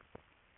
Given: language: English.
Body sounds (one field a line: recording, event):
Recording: throat vibration sensor signal played as sound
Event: swallow